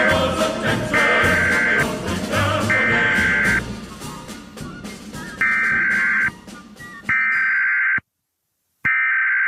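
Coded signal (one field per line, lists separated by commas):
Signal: Emergency Alert System (SAME) tones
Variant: header bursts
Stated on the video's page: Fictional EAS scenario depicting a second American civil war; a simulated alert, not a real broadcast.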